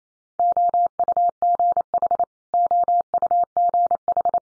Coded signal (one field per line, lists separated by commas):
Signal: Morse code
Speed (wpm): 28 wpm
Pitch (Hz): 700 Hz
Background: none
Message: OUGH OUGH